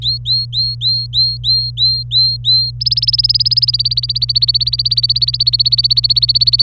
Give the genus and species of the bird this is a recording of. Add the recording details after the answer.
Serinus canaria. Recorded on 26 April 2018 at 09:03. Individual llb3